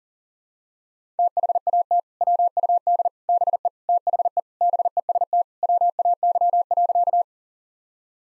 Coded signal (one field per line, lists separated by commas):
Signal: Morse code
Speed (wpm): 37 wpm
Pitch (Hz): 700 Hz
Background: none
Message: THAT WUD BE THE BEST WAY.